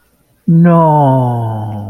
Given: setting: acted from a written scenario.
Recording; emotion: vocal sound without words; sadness